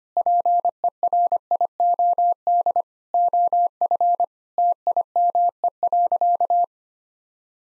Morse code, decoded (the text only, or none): PERIOD OF TIME.